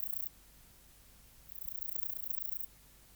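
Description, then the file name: Bush-cricket song: a very high, hissing pulsed trill comes in two bursts, a brief one at the start and a longer one of about a second, over faint low hum. "Antaxius pedestris"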